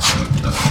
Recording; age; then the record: pig call; growing-finishing pig (85 days or more)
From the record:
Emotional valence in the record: positive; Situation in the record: run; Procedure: transit